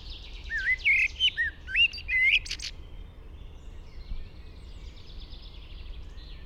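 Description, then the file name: Common blackbird singing a short phrase of clear, fluting warbled notes and squeaky twitters, then quieter high twittering, over a steady low background rumble. "Turdus merula"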